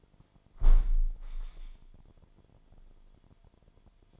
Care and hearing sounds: daily activity, microphone in the room; close window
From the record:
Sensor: 5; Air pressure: 998.1 hPa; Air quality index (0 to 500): 100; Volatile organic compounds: 2 ppm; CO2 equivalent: 1141 ppm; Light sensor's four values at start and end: 27/65/27/30 and 27/65/27/30

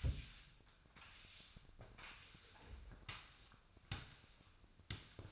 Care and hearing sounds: daily activity, microphone in the room; sweep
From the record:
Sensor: 2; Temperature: 24.0 degrees Celsius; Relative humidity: 35.5%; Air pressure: 1004.6 hPa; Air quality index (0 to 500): 91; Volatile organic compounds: 2 ppm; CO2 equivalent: 1097 ppm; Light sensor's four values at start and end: 6/15/6/6 and 6/14/5/5

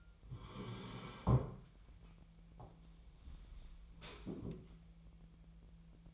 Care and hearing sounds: daily activity, microphone in the room; sit down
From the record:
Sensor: 1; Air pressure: 1001.6 hPa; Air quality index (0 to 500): 247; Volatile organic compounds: 118 ppm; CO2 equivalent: 3865 ppm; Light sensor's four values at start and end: 14/34/14/16 and 14/34/14/16

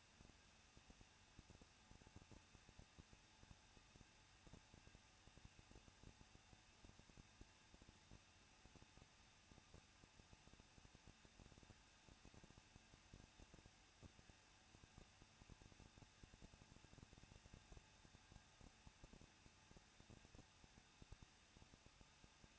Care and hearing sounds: daily activity, microphone in the room; no activity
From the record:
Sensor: 2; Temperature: 21.0 degrees Celsius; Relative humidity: 37.3%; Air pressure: 1006.2 hPa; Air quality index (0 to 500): 221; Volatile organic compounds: 23 ppm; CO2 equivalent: 2797 ppm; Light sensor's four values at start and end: 2/3/2/2 and 2/3/2/2

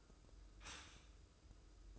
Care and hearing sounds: daily activity, microphone in the room; stop toaster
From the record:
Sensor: 2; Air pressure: 995.1 hPa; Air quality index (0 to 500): 59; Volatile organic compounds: 2 ppm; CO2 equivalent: 985 ppm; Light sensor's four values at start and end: 17/54/21/20 and 17/54/21/20

